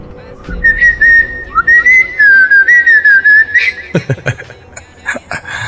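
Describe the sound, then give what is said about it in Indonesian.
Someone whistles a wavering melodic tune inside a house at night for about three seconds, the notes gliding up and down, followed by a few sharp clicks and soft rustling. “Masa setan datang gara-gara denger siulan sih?”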